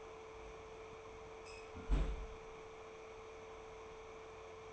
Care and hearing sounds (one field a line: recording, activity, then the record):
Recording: daily activity, microphone in the room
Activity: close fridge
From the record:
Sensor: 1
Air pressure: 1015.0 hPa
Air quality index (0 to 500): 194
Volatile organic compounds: 22 ppm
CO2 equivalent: 2750 ppm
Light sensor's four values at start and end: 31/76/33/39 and 31/76/32/39